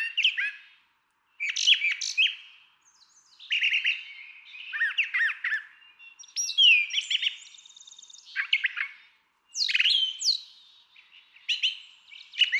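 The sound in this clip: Brown Thrasher song: long series of varied, rapid phrases mixing sharp chirps, whistles and harsh notes, separated by short pauses.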